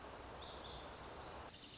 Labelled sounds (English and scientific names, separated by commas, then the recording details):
Lazuli Bunting (Passerina amoena)
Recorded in Sonoma County, California